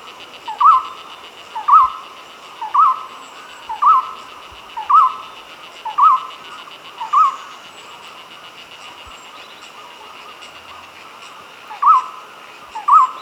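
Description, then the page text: Golden-throated barbet song, a hollow, rounded note repeated steadily about once a second. There is a pause of a few seconds, then the series resumes. "Golden-Throated Barbet Song. Quick Sounds"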